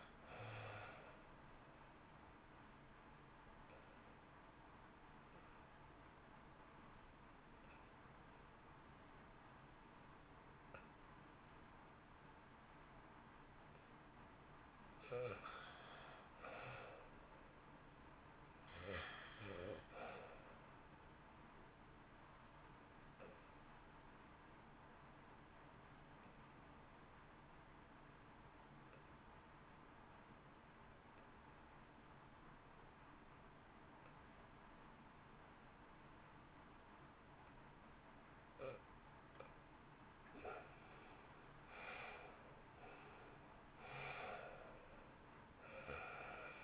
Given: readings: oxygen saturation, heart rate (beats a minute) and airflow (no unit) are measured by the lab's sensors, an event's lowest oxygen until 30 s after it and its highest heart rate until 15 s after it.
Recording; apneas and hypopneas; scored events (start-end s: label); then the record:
breathing in sleep by a voice recorder at the bedside; 2
3.00-14.60 s: obstructive apnea (REM, oxygen 82% highest, then 66% lowest, heart rate 68 at the start, 68 highest)
24.00-39.80 s: obstructive apnea (REM, oxygen 90% highest, then 67% lowest, heart rate 63 at the start, 71 highest)
From the record:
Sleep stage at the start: REM sleep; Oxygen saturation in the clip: 66 to 90%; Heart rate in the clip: 54 to 71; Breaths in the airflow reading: 8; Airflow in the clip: -0.8 to 0.9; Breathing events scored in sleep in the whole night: 328 in 6.3 hours asleep